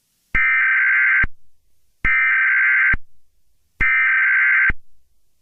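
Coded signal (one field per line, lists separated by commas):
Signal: Emergency Alert System (SAME) tones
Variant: header bursts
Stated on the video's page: Fictional EAS scenario.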